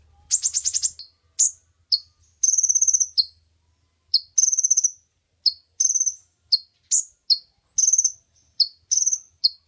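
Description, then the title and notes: Oriental magpie-robin singing varied high phrases with short whistles, rapid trills and chattered notes, delivered in quick succession with brief pauses. Champion bird singing vigorously. "Kacer Juara Gacor. Kumpulan Suara Burung Masteran Pilihan"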